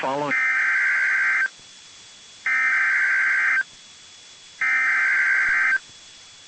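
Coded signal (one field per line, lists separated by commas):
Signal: Emergency Alert System (SAME) tones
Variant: header bursts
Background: speech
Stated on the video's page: Severe thunderstorm outbreak alerts from NOAA Weather Radio stations in Fort Worth, Dallas, Waco, Tyler and Tomball, Texas.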